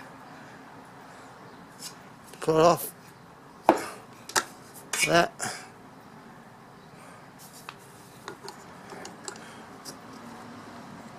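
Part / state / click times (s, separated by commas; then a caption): plastic attachment onto kitchen machine mixing blade / not seated / none. Someone talks while handling a plastic attachment, a blade guard or butterfly whisk, on a Thermo Blend kitchen machine mixing blade: the guard is pulled off and the attachment is fitted back onto the blade. Sharp plastic knocks and clatters come between about 2.3 and 5.5 seconds, followed by lighter taps until about 9.3 seconds. Nothing has seated or clicked into place yet.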